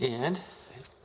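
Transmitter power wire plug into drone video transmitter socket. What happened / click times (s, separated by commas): Handled, not yet home: the plug is still being brought to its socket / none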